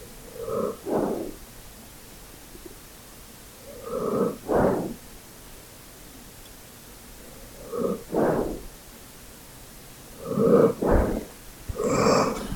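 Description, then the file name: Dog breathing and snorting in short paired bursts repeated every few seconds, the last ones closer together. "dog asmr"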